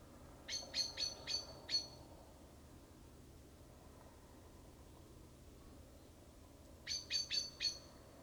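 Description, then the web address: Common blackbird gives a rapid burst of five metallic chink notes, falls silent for several seconds, then repeats a shorter run of four, over low background hiss. "SETE data Turdus merula"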